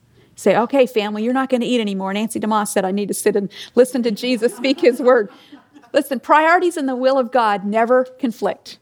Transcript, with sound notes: You say, “Okay, family, you’re not going to eat anymore. Nancy says I need to sit and listen to Jesus speak His Word!” (laughter) Listen, priorities and the will of God never conflict.